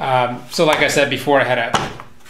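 A plastic side mirror skull cap for a 2008-2010 Honda Accord is handled by hand against the mirror housing while someone talks. Faint handling noise sits under the speech, with a brief broadband knock near 1.7 s. Nothing has seated or clicked yet; the retaining clip has not snapped in place.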